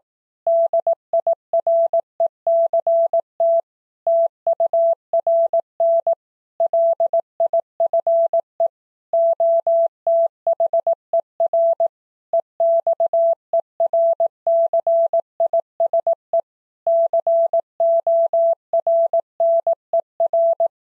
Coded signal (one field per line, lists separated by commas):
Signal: Morse code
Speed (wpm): 18 wpm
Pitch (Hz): 670 Hz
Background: none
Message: DIRECT TURN LIFE OTHER EXERCISE CORNER